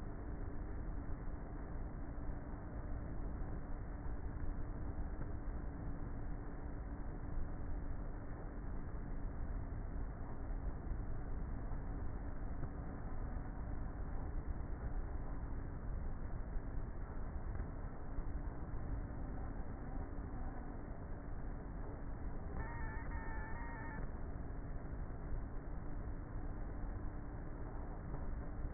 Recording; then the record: honeybee colony, microphone inside the hive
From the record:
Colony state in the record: queenless with a low population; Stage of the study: before two queens were removed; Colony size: about 30,000 bees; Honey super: no